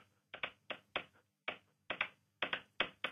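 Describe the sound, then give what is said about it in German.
A pen clicks in a quick, beat-like rhythm, about a dozen sharp, crisp clicks falling in pairs and short bursts with brief pauses between, with no voices alongside. “Ja, jetzt könntest du mal mit dem Stift klackern.”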